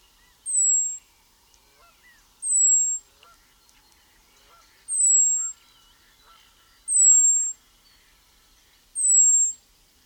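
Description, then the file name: European robin calls: five thin, high, slightly descending whistles repeated about every two seconds, with soft scattered chips between. "Erithacus rubecula"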